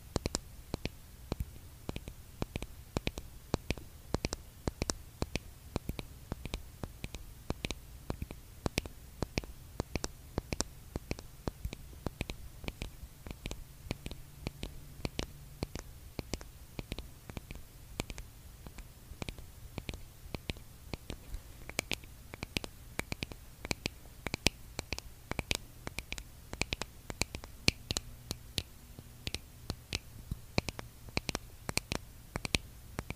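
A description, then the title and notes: Lipgloss tapping: quick, sharp clicks and taps come in a dense, fairly steady stream across the whole stretch, some louder and brighter than others. Underneath runs a soft low hum that swells slightly around the middle and again near the end. Asmr lipgloss tapping. Canon g7x: *blue yeti microphone.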